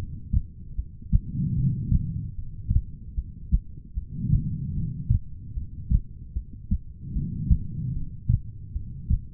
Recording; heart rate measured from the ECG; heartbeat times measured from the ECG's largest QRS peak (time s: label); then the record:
heart sounds by stethoscope; 75 bpm
0.76 s: heartbeat
1.55 s: heartbeat
2.35 s: heartbeat
3.15 s: heartbeat
3.94 s: heartbeat
4.74 s: heartbeat
5.54 s: heartbeat
6.33 s: heartbeat
7.13 s: heartbeat
7.93 s: heartbeat
8.73 s: heartbeat
From the record:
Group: heart failure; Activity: rest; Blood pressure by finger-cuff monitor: 91/58 mmHg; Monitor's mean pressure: 70 mmHg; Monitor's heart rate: 75 bpm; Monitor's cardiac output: 5 L/min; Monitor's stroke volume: 67 mL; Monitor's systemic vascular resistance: 980 dyn s/cm5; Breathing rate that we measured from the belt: 21 breaths a minute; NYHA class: 2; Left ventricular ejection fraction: 58%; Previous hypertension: present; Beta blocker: bisoprolol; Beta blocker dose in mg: 5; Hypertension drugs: ramipril, spironolactone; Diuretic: furosemide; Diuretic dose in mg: 160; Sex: female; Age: 55 years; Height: 155 cm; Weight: 67 kg